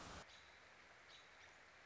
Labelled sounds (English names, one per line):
American Robin